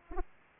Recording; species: mosquito wingbeat signal from an infrared sensor; Aedes aegypti